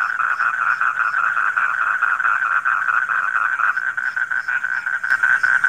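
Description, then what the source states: Many frogs croaking together in a buzzing, pulsing trill, with soft higher chirps dotted over the top and a brief click near the end. Frogs recorded at night.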